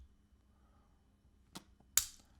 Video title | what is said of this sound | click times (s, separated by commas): Leatherman Charge Plus Unboxing and Review | push that right down in there it locks in place | 2.0 s